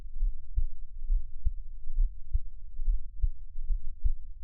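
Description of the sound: Steady, muffled low thumps at about 68 a minute: an ordinary adult heartbeat heard up close in a Taiwanese ASMR piece, with no talking.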